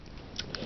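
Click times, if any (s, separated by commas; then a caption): 0.4 s, 0.5 s. The plastic chest section of a Transformers: Prime Wheeljack transforming robot toy is brought down and pressed onto its side peg holes. Two sharp plastic clicks are heard at 0.4 and 0.5 seconds as it snaps in and seats on the pegs, locking the shoulders and pelvis into place.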